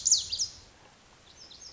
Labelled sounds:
Lazuli Bunting (Passerina amoena)
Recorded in Sonoma County, California

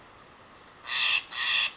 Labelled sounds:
Steller's Jay (Cyanocitta stelleri)
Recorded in Sonoma County, California

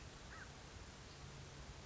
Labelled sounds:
American Crow (Corvus brachyrhynchos)
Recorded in Sonoma County, California

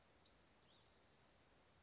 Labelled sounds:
Western Flycatcher (Empidonax difficilis)
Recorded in Sonoma County, California

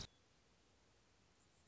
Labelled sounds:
Anna's Hummingbird (Calypte anna)
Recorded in Sonoma County, California

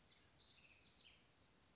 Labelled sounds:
House Wren (Troglodytes aedon)
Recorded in Sonoma County, California

